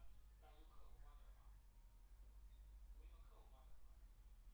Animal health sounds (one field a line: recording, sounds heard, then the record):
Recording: poultry house recording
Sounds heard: no chicken sound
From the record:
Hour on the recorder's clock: 17